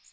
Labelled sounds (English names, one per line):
Magnolia Warbler flight call